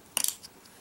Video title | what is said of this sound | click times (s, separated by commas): How to install RAM on laptop; HP 14 dq1033cl | they should hear it snap now | 0.2 s